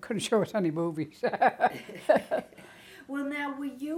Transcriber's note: laughs